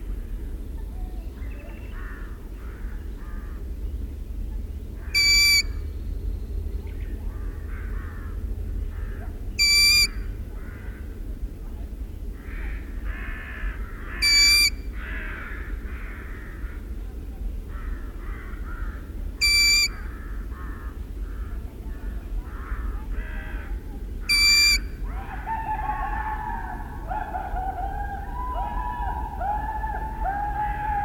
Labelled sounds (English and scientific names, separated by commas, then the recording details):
Long-eared Owl (Asio otus) call
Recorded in the wild
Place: Retgendorf, Mecklenburg-Vorpommern, DE
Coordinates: 53.729, 11.504
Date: 1972-06-13
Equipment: Nagra III BH, Sennheiser MD 21, parabola
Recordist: Schubert, Michael